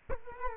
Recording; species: mosquito wingbeat signal from an infrared sensor; Culex quinquefasciatus